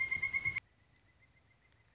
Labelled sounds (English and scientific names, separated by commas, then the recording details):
Pileated Woodpecker (Dryocopus pileatus)
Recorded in Sonoma County, California